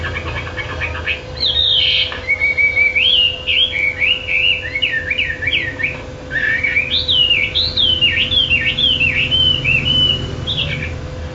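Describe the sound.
Chinese hwamei song: long flowing sequences of rich whistled notes swooping up and down, one run after another with a short pause in the middle, over a constant low hum.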